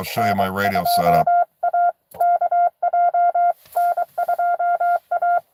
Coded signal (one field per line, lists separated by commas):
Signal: Morse code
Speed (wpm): 23 wpm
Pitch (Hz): 700 Hz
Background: speech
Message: N2AKJ N2A